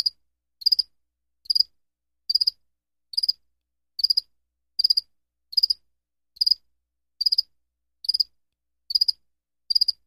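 Cricket chirping: short high pulsed chirps repeated steadily, a little more than once per second, with silence between them.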